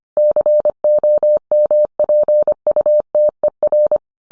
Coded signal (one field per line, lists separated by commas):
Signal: Morse code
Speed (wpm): 25 wpm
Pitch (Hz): 600 Hz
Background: none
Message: COMPUTER